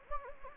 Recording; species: mosquito wingbeat signal from an infrared sensor; Anopheles gambiae